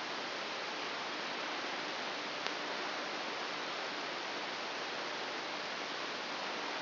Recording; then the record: brain microelectrode recording played as sound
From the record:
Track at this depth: inside the subthalamic nucleus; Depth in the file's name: 4.002 mm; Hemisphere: right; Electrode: 2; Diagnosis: Parkinson's disease